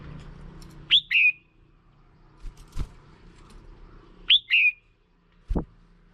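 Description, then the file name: Red-whiskered bulbul giving two clear two-note whistled calls a few seconds apart, each a high upslur then a lower note, with a couple of soft knocks. Female bird. "Tieng chao mao mai"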